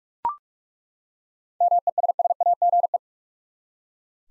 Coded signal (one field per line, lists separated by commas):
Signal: Morse code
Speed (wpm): 41 wpm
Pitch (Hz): 700 Hz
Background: none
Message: MESSAGE